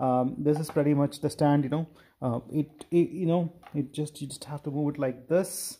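Someone talks while moving the stand leg of a foldable laptop table by hand to adjust its hinge detent. Nothing has clicked or seated yet by the end of the clip.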